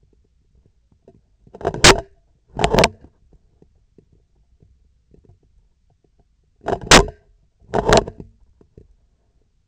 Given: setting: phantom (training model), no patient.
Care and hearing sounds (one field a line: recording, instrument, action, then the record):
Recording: laparoscopic instrument, vibration sensor on the handle end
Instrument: scissors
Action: opening and closing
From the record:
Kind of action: tool actuation without material contact